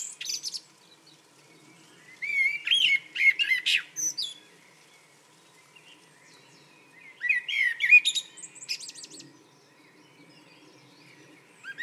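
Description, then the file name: Common blackbird song, two fluty warbling phrases with shrill twittering endings, spaced by quiet gaps, with faint low background noise. "Turdus merula"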